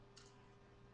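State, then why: Not seated. The sliding mechanism of a homemade hidden-blade prop, built from L brackets and screws, is pushed out along its wrist-mounted bracket rail. A short, bright metallic scrape rises at about 0.2 s over a steady low hum. Nothing locks or clicks into place; the extended slide does not lock and slides back in.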